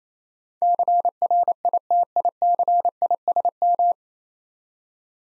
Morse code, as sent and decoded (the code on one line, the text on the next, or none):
-.-. .-. .. - .. -.-. .. ... --
CRITICISM